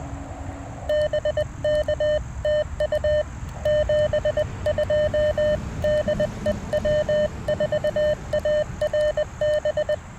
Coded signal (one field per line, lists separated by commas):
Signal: Morse code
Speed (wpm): 20 wpm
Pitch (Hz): 600 Hz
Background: none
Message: BK TU 72 DE W4ARB